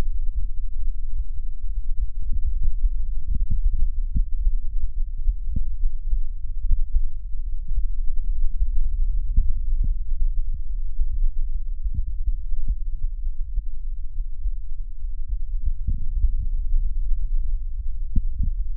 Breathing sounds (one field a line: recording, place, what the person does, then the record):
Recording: lung sounds by stethoscope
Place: right anterior apical chest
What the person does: quiet breathing, then deep breathing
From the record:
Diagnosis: asthma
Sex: female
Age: 66 years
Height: 172 cm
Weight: 76 kg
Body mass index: 25.7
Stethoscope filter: bell mode